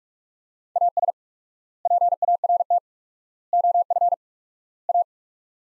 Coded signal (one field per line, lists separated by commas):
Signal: Morse code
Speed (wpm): 45 wpm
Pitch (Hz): 700 Hz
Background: none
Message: AS PART OF A